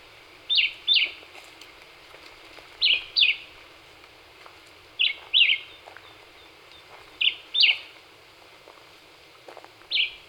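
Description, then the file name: Black-whiskered vireo song: short two-part chirping phrases repeated about every two seconds, over faint background hiss. Recorded on 26 April 2019. "2019-04-26 Black-whiskered Vireo"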